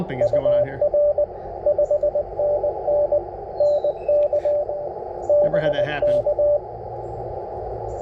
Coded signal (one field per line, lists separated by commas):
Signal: Morse code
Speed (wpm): 22 wpm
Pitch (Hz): 600 Hz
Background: speech, radio noise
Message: UR 5NN NK BK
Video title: Morning CW POTA with the FX-4CR